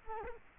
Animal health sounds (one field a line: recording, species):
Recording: mosquito wingbeat signal from an infrared sensor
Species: Culex quinquefasciatus